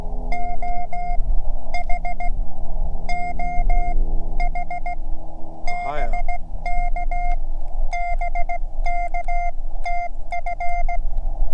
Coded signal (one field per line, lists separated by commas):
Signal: Morse code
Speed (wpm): 16 wpm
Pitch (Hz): 720 Hz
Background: none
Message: OH OH BK BK TF